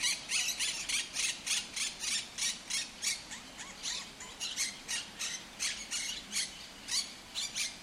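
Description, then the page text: Monk parakeet chattering in a long, fast run of harsh, scratchy squawks, nearly continuous. In El Retiro park, Madrid, Spain; Madrid holds Europe's largest Monk Parakeet population. "Cities and Memory - remixing the world. Monk parakeets in Madrid. Madrid has the greatest population of Monk Parakeets in Europe, many of whom can be seen and heard in the El Retiro park"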